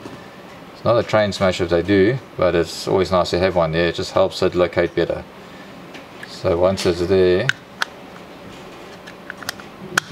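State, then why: Seated. Someone talks while the side plate of a Daiwa BG40H spinning reel is lined up on the locating pin of the reel body and pressed home. A few small handling ticks follow, then a sharp click at 10.0 s as the side plate seats into place.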